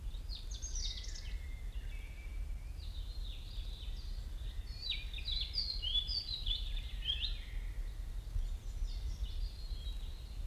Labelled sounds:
European Robin (Erithacus rubecula) song
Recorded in the wild
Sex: male
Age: adult
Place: Mühlenbecker Wald, Brandenburg, DE
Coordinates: 52.6894, 13.395
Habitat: pine and beech stand
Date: 1975-05-11 11:23
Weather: overcast, 20°C, no wind
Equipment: Uher CR 210, Sennheiser MD 421, Verstärker, Kopie Uher 4200
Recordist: Tembrock, Günter
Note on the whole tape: Mühlenbecker Wald/See. Gesang (sitzt auf einer Kiefer), Kiefern- und Buchenbestand

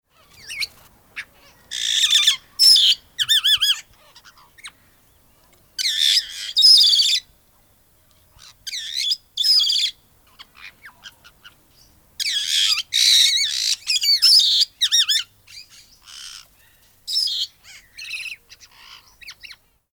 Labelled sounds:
Black-headed Parrot (Pionites melanocephalus)
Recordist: Tembrock, Günter
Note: Lautfolgen

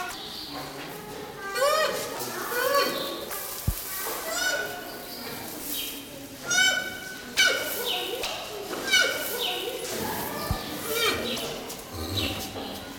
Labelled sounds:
Black Rhinoceros (Diceros bicornis)
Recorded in captivity
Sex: male
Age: juvenile
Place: Zoo Berlin, Berlin, DE
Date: 1997-01-26 15:41
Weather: heiter, 3°C
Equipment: Nagra SN, Kopie Uher 4000 Report Monitor
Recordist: Tembrock, Günter
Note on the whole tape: Männliches Jungtier (geb. am 18.2.96): Kurzlaute mehrere Lauttypen, dabei auch Saugen (im Liegen) bei Weibchen (wohl dunkle Laute) dabei oder davor

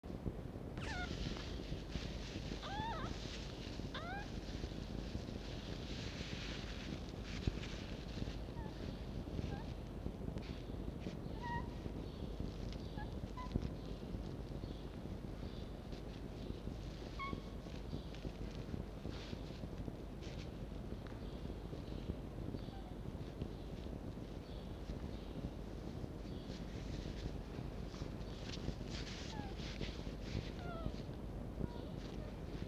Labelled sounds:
Red Fox (Vulpes vulpes)
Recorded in captivity
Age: juvenile
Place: Zoologisches Institut der HUB, Berlin, DE
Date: 1952-04-20 14:35
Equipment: Elmetra
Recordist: Tembrock, Günter
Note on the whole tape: Mucki-Welpen: Einschlaflaut. Recht gute Aufnahmequalität

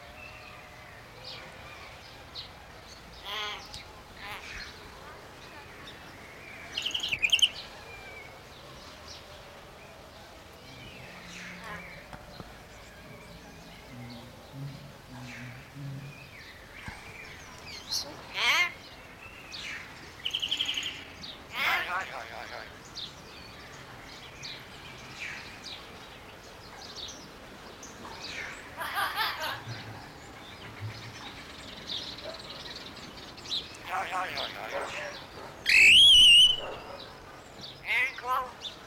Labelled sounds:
Scarlet-headed Blackbird (Amblyramphus holosericeus)
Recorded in captivity
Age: adult
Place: Zoo Berlin, Berlin, DE
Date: 1992-04-04 10:30
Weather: bedeckt, 5-8°C
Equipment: Nagra SN, Mikrofon AKG CK 8, Kopie Tesla B 116
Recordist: Tembrock, Günter

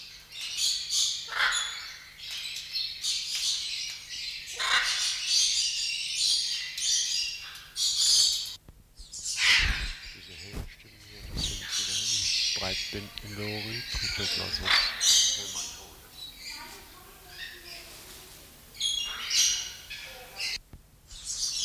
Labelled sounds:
Hyacinth Macaw (Anodorhynchus hyacinthinus) call
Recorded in captivity
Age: adult
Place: Zoo Berlin, Berlin, DE
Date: 1994-01-15
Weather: wechselnd wolkig, +5°C
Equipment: Marantz CP 430, Sennheiser MKH 416 T, Kopie Uher Variocord 263
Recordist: Tembrock, Günter

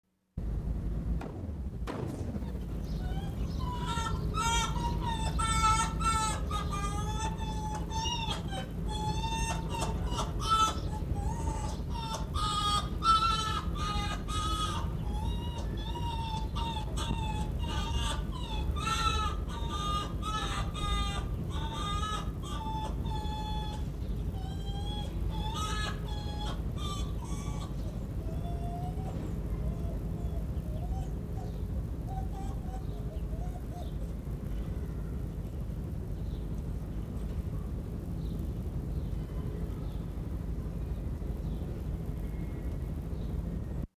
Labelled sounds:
Arctic Fox (Vulpes lagopus)
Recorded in captivity
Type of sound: whine
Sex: female
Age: adult
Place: Zoologisches Institut der HUB, Berlin, DE
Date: 1957-04-16 13:30
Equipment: Elmetra
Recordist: Tembrock, Günter
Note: Fuchsanlage: "Nina" (sich vor "Teddy" wälzend): rhythmisches Begrüßungswinseln

